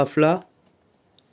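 A racing air filter's retaining clip is handled at the airbox of a 2012 BMW S1000RR motorcycle. Someone talks briefly at the start, followed by near silence with only faint brief ticks around 0.7 s and 1.2 s. Nothing has seated or clicked yet.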